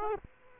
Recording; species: mosquito wingbeat signal from an infrared sensor; Aedes aegypti